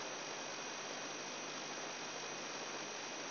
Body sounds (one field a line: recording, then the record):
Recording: brain microelectrode recording played as sound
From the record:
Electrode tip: inside the subthalamic nucleus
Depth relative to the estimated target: -1 mm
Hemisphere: right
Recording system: AlphaMap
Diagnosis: Parkinson's disease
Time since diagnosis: 10 years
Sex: male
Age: 58 years